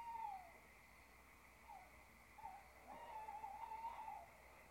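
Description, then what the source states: Owl hooting, a short falling note followed by softer, quavering hoots building into a longer wavering call, over steady background hiss. Owls (chouettes) recorded at Ker Anna.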